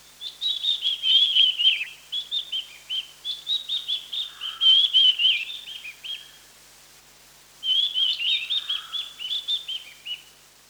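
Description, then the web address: Mountain wren-babbler giving high, rapid chattering phrases of wavering notes, two long bursts separated by a brief pause; a faint lower sound underneath. Recorded 1 March 2008. "KNPHQ. mountain wren-babbler"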